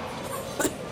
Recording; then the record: coughing mixed with background sound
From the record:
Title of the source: 30 Chesty and wet cough